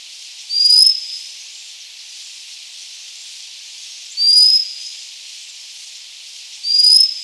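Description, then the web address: White-capped redstart giving thin, high upslurred whistles, three spaced a few seconds apart, over a steady hiss. "white capped river chat call"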